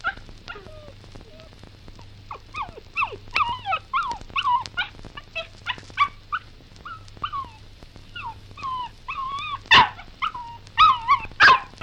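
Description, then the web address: Dog: puppy whining in high, wavering whimpers and short yips, with a few sharper barks bunched near the end. Puppy, breed unknown, whining and barking. "Sound Effects-BBC Puppy W"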